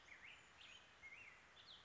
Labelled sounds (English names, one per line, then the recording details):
Black-headed Grosbeak
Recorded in Sonoma County, California